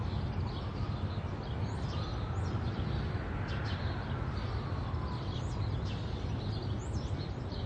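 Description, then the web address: Birds giving scattered faint chirps and twitters throughout, set against constant heavy traffic rumble. City street ambience in daylight with traffic. "SFXBible ambience-city-day-light-traffic-birds-chirp"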